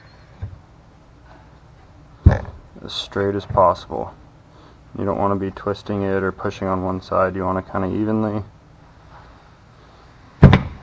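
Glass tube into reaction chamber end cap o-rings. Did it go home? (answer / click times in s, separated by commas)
yes / 10.4 s, 10.5 s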